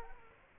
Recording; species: mosquito wingbeat signal from an infrared sensor; Culex quinquefasciatus